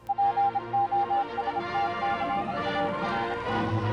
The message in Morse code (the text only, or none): POSTCARD